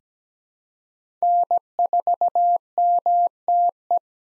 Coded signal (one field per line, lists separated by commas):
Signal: Morse code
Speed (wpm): 17 wpm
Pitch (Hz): 700 Hz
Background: none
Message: N4MTE